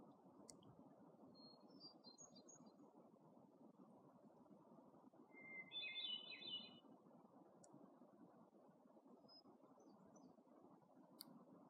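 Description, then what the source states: Hermit thrush with a single ethereal phrase, a steady opening whistle followed by higher fluttering notes; faint chirps, a few sharp clicks and a continuous low rushing background. Recorded in Algonquin Park, 2019.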